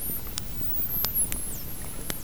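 Whale giving thin, very high whistles that rise and fall, with scattered sharp clicks over a steady low underwater rumble.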